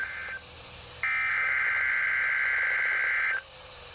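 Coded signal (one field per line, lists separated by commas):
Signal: Emergency Alert System (SAME) tones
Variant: header bursts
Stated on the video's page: Required Weekly Test from NOAA Weather Radio stations KEC65 and WNG685, received on a RadioShack weather radio.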